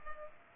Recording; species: mosquito wingbeat signal from an infrared sensor; Culex pipiens